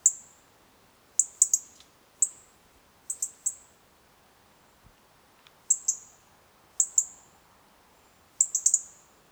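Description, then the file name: European robin uttering sparse, thin high ticks, singly or in pairs and small clusters, spaced irregularly through a quiet background. "Erithacus rubecula"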